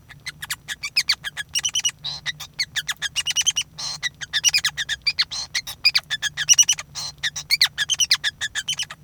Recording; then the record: song of a male Bengalese finch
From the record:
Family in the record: son of father 5